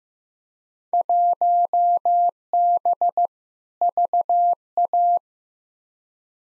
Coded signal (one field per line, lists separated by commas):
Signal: Morse code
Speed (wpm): 15 wpm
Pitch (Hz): 700 Hz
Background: none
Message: 1B VA